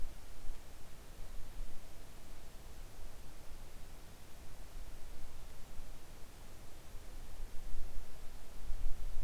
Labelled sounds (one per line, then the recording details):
near silence
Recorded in the Arctic National Wildlife Refuge, Alaska, on 3 August 2019 at 10:20
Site 41